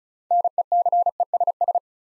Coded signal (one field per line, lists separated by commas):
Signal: Morse code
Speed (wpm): 36 wpm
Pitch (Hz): 700 Hz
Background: none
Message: NECESS